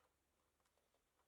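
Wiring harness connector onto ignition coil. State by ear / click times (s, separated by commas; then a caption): not seated / none. A plastic wiring harness connector is being handled onto an ignition coil on a Mitsubishi Outlander/Lancer 4B12 engine during a spark plug replacement. Only faint, soft ticks and handling noise are heard over a low, steady background hum. Nothing has seated or clicked yet.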